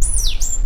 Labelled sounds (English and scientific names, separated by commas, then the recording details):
Stitchbird (Notiomystis cincta) song
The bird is a male
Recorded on Tiritiri Matangi Island, New Zealand, in 2005
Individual 2, of nest box 2